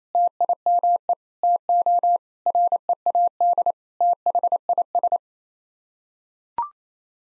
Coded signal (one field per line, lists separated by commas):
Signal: Morse code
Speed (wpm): 27 wpm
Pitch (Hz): 700 Hz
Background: none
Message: TIME TO READ THIS